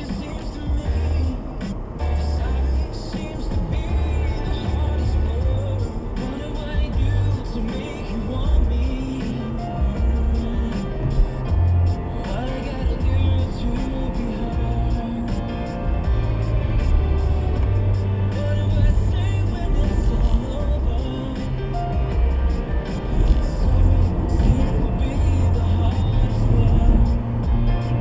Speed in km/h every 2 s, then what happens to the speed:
66, 71, 72, 74, 79, 76, 69, 60, 58, 63, 71, 76, 79, 77.
0-9 speeds up to 79. 9-16 slows to 58. 16-24 speeds up to 79.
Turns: none.